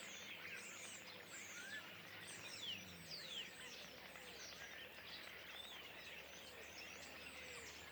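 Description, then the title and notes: Common starlings calling as a flock, busy chatter of sliding whistles and rasping notes without pause, a few clearer whistles standing out near the middle. Flock perched in trees beside the Louroux pond, Le Louroux, Loches, Indre-et-Loire, France; recorded with Sennheiser MKH8020 ORTF stereo pair and Sound Devices MixPre6 II. "Le Louroux, Loches, Indre-et-Loire, Centre-Val de Loire, France métropolitaine, 37240, France - étourneaux sansonnet dans les arbres. Nuée d'étourneaux posés dans un arbre aux abords de l'étang du louroux"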